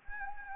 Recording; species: mosquito wingbeat signal from an infrared sensor; Anopheles gambiae